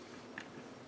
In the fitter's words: and just pops right in and fits snugly in the in the head